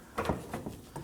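A spare tire lowering tool is inserted into the spare tire winch drive socket of a 2017-2024 Nissan Armada (5.6L V8) and twisted until it clicks into engagement. A sharp click at 0.2 s marks the tool seating in the socket, followed by fainter knocks at 0.5, 0.7 and 1.0 s. The tool is confirmed seated.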